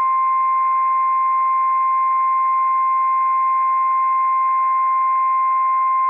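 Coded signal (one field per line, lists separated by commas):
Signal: Emergency Alert System (SAME) tones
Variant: 1050 Hz attention tone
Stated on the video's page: Required Weekly Test from the National Weather Service in Pendleton, Oregon; operational EAS tones.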